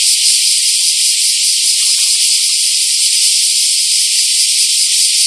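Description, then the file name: Bear cicada call: a harsh, continuous high-pitched buzzing that stays level throughout, with a few faint clicks underneath. Recorded on 2011-07-23. "110723 kumazemi"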